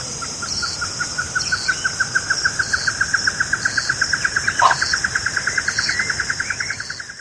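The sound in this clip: Bird giving a long run of short, evenly spaced mid-pitched notes, growing louder then fading, over a high pulsing buzz, with one brief sharp note.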